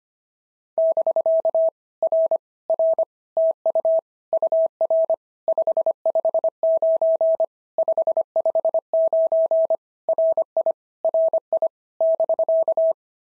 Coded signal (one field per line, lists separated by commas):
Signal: Morse code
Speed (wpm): 25 wpm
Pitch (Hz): 650 Hz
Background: none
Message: <BK> R R TU UR 559 559 RI RI <BK>